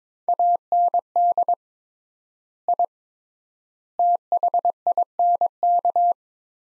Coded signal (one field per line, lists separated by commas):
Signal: Morse code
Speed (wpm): 22 wpm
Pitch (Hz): 700 Hz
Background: none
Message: AND I THINK